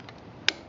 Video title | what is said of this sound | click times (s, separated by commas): SymbaChain | pops into place so you can see now the clip has popped into place | 0.5 s